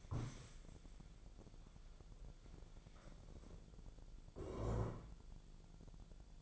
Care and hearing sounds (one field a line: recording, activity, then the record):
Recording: daily activity, microphone in the room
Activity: stand up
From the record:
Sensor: 5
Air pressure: 1000.5 hPa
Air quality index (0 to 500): 146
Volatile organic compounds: 2 ppm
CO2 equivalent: 1132 ppm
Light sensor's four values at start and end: 47/110/46/48 and 47/110/46/48